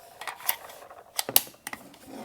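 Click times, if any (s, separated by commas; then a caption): 1.4 s. On an R&D Precision PW9 V2 9mm PCC upper receiver mounted on a 9mm lower, an empty Glock-pattern magazine engages the bolt stop, which snaps into place and holds the steel bolt to the rear. A series of short, sharp mechanical clicks and clacks is heard around 0.3, 0.5, 1.2 and 1.7 s, and the loudest sharp metallic hit at 1.4 s is the bolt catch locking back. The bolt catch is seated and locked on the empty magazine.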